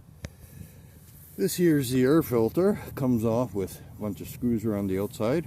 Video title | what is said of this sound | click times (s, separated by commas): 2022 Honda Navi 200km Review | And then you just slide it back down and there you go. Clicks in place. | 0.2 s